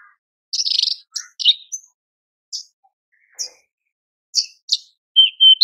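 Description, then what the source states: Horsfield's bush lark song: rapid buzzy bursts and sharp chirps in scattered phrases, ending with clear, steady whistled notes. Very lively (super gacor) branjangan song, used as a masteran recording for training cage birds.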